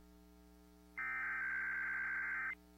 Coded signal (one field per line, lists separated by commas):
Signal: Emergency Alert System (SAME) tones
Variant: header bursts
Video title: TESTING GALORE... EAS Tests from October 2022 (EAS #1,646-1,704)